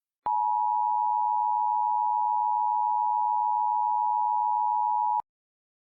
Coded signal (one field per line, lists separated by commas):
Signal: Emergency Alert System (SAME) tones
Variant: 853 and 960 Hz attention tone